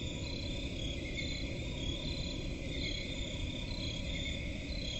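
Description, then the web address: Cricket chorus of unbroken high trilling bands, some pulsing faintly, set against a strong low background rumble. Crickets in a forest at night; presented as relaxing ambience. "Forest and crickets at night. صدای-آرامبخش-جنگل-و-جیرجیرک"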